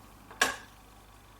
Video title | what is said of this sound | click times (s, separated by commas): Utilisation de la Pompe Infinity | petit clic indique que les capots et bien fermé | 0.4 s